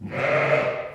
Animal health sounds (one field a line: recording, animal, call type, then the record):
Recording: contact call of a hoofed animal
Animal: sheep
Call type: low-frequency (closed-mouth) or high-frequency (open-mouth) call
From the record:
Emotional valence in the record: negative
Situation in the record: short social isolation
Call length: 0.94 s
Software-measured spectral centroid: 1560 Hz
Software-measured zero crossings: 1940 a second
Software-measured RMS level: -23 dBFS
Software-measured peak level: -9 dBFS